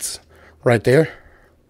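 A plastic limb of a MakeToys Green Giant Type-61 combined robot toy is pressed onto two small pressure points on the side of the robot torso while someone talks. A brief high hiss is heard at the start, followed by soft handling noise under the talking. The piece has not seated or clicked in yet.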